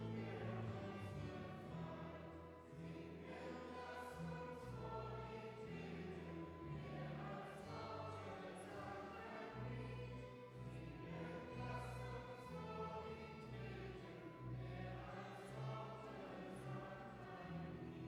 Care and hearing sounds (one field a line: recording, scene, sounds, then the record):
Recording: everyday scene through a hearing-aid microphone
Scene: reverberant space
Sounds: music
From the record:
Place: church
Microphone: behind the ear, left, rear